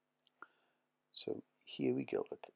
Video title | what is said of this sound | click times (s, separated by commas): How To Change your Smart Car (453) Front & Rear Wiper Blades in 10 mins | and then you push it down and it clicks clicks into place | 0.4 s